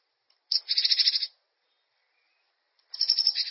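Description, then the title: Bird giving two harsh, buzzy, high-pitched chattering bursts, each lasting under a second, separated by silence. "LuckyPassaro Completos2Sama"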